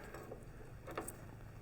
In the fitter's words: right just clicks into place